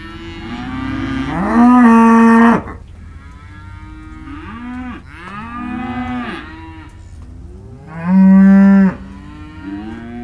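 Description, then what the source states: Cow: cattle moos, two loud flat bellows about six seconds apart with softer moos from other animals between them. Cows and calves, several animals, described as disconsolate; recorded in December, on the 19th.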